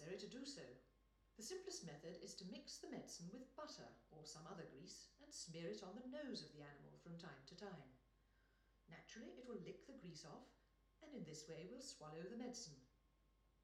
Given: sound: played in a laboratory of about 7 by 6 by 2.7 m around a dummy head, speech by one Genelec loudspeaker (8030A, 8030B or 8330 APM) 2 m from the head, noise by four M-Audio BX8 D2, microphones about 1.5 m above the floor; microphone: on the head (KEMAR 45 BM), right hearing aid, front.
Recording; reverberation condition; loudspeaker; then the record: female speech in English; medium; 120 degrees to the right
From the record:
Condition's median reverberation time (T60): about 510 ms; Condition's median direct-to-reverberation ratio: about -0.5 dB